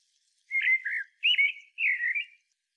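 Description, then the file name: Common blackbird song: three short, rich warbled phrases in quick succession, mellow and slightly slurred. "Turdus merula"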